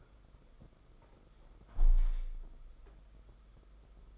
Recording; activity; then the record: daily activity, microphone in the room; close window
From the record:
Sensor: 5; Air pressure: 991.4 hPa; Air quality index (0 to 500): 107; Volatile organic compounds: 23 ppm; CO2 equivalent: 2788 ppm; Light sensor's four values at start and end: 39/126/47/51 and 39/126/47/51